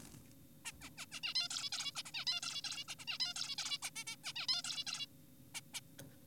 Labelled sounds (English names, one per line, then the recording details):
Zebra Finch
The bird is an adult
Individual g4p5U